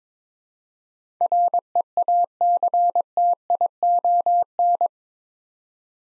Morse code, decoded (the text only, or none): REACTION